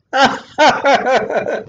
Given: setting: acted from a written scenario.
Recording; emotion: vocal sound without words; elation